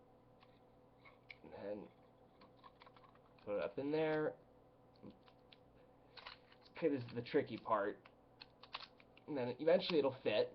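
During reassembly of a Sterling Arms 302 .22LR pistol, the slide or back piece is worked into position on the frame while someone talks. Small, light handling ticks are heard as it is lined up. Nothing has seated or clicked yet.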